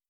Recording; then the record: hydrophone in a shrimp aquaculture tank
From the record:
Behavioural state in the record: starved